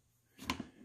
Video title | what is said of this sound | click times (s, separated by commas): DETAILED REVIEW MR COFFEE K-CUP SINGLE SERVE Coffee Maker BVMC-SC500-2 | make sure you hear that click | 0.5 s